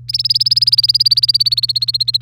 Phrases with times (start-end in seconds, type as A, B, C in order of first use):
0.09-2.22 A